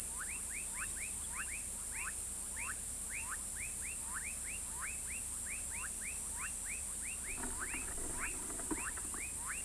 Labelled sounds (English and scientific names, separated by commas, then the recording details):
none
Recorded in pastures near Pivijay, Magdalena, Colombia, on 4 June 2023 at 18:30
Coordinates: 10.456, -74.369
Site P6-G026